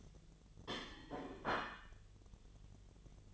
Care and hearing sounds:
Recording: daily activity, microphone in the room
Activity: place plate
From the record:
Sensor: 4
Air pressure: 1010.2 hPa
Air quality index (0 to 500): 182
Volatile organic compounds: 6 ppm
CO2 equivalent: 1841 ppm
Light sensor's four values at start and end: 31/93/36/36 and 31/93/36/36

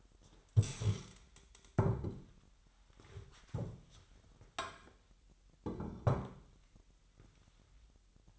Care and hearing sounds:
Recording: daily activity, microphone in the room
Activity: stand up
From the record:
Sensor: 3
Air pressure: 998.4 hPa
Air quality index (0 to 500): 128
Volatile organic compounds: 3 ppm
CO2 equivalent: 1529 ppm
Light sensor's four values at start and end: 9/20/8/9 and 12/26/12/14

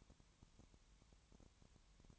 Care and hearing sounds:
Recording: daily activity, microphone in the room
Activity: no activity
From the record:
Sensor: 3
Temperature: 20.5 degrees Celsius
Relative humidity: 33.0%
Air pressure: 1003.2 hPa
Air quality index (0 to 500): 105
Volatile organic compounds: 2 ppm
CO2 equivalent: 1067 ppm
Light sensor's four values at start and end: 2/3/2/2 and 2/3/2/2

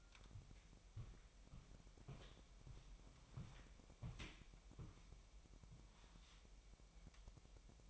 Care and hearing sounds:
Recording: daily activity, microphone in the room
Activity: walk to room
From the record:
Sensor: 1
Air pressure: 1002.0 hPa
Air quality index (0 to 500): 247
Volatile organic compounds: 51 ppm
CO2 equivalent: 3314 ppm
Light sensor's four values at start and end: 7/16/7/7 and 7/15/6/7

